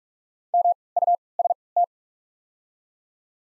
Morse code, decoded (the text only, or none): M U S T